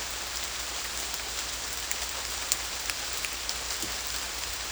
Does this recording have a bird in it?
no